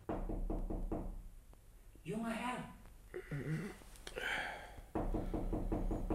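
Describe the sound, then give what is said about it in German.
A servant knocks rapidly and steadily on a bedroom door in the morning for about two seconds, then a man's voice calls out and another briefly answers before the quick, insistent knocks resume. “Der Albdruck dauerte an, bis mein Diener am nächsten Morgen an meine Schlafzimmertür klopfte.”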